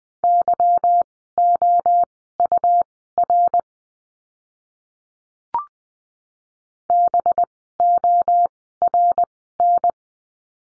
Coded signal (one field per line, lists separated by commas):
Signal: Morse code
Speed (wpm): 20 wpm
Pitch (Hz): 700 Hz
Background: none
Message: YOUR BORN